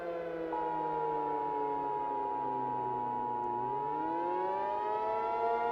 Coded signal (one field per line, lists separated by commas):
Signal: Emergency Alert System (SAME) tones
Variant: 853 and 960 Hz attention tone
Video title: EAS Scenario: Comet X Preview #2